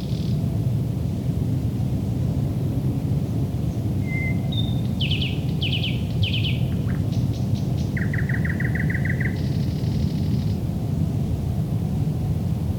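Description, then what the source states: Thrush nightingale song: a pure whistled note, then rapid repeated chock notes, a fast rattling trill and a buzzy high phrase, over steady low rumbling background noise. Recorded at Lohne in 2010.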